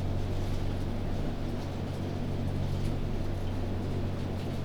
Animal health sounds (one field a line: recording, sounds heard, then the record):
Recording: poultry house recording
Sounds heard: no chicken sound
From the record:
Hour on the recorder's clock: 2